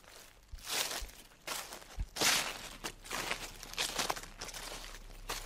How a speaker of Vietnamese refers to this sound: Bỗng nhiên ở cái bụi cây bên cạnh vang lên tiếng loạt xả loạt xoạt.